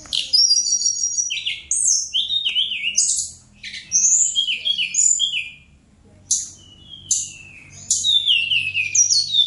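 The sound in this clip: Bird singing a rich, rapid sequence of sharp high chirps, falling whistles and buzzy notes, broken by a quiet gap near the middle before resuming.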